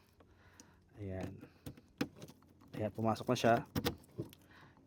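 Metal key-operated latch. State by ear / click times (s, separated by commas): released / 3.9 s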